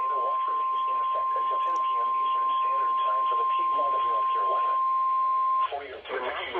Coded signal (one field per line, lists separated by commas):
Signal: Emergency Alert System (SAME) tones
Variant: 1050 Hz attention tone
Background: speech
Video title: Early Season Mayhem... EAS Alerts from 1/12/23 (EAS 1060-1089)